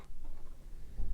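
A small plastic detail part is handled as its centre spigot is lined up with its hole in a model locomotive, with soft low rustling and light contact sounds building toward the end. The part has not yet been pushed home, so nothing has clicked or seated.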